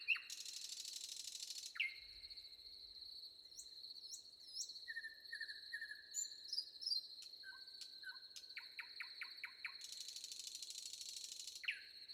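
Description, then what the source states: Common nightingale song with a harsh buzz, scattered whistles, then a run of quick repeated notes and another buzzy burst. Crickets trill constantly, with some wind rumble. Windy, with crickets singing.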